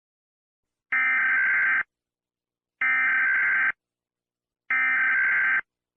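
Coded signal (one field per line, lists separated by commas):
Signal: Emergency Alert System (SAME) tones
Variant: header bursts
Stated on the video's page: Fictional EAS scenario; simulated alert, not a real emergency.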